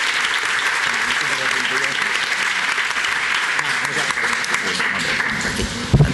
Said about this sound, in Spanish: Un aplausillo a ellas, que ahora... ¡Guapa! Veréis.